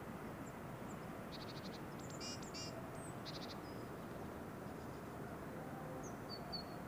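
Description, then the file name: Eurasian blue tit giving faint buzzy, scolding chatter notes in short bursts, then a few thin high notes, with constant low background noise. "Cyanistes caeruleus"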